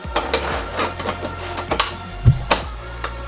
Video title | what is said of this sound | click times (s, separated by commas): STARTING A HAT BRAND FOR PEOPLE WHO LOVE FOOD | You got to wait for the three clicks. | 0.3 s, 1.8 s, 2.5 s